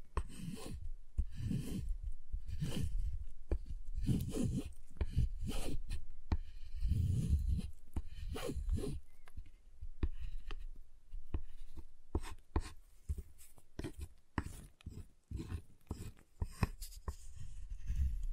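A giant chocolate bar is tapped, scraped and cut, with short crisp knocks and rubbing strokes following one another in irregular clusters. Sharp snapping clicks stand out, especially in the second half. Dense, low thuddy bursts fill the first ten seconds before the sounds grow sparser.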